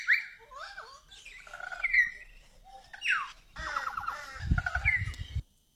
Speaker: Here is the Victorian currawong. Take a listen.